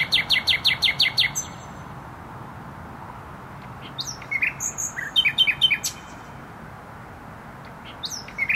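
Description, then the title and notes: Nightingale delivering a rapid string of repeated notes, a pause, then varied chattering and whistled phrases, with continuous motorway noise below. Singing in bushes close to a noisy motorway in Bródno-Podgrodzie, Warsaw, Poland; recorded with a handheld digital recorder. "Bródno-Podgrodzie, Warszawa, Polska - Trasa Toruńska Nightingale. Recording nightingale singing in bushes close to noisy motorway"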